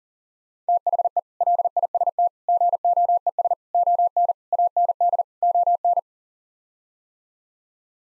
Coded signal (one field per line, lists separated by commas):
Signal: Morse code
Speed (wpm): 40 wpm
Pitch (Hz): 700 Hz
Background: none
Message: THE LIST GOES ON AND ON